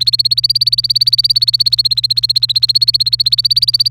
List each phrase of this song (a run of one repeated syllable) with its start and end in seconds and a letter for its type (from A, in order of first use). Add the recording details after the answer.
0.00-3.90 A. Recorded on 29 April 2018 at 10:34. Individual llb3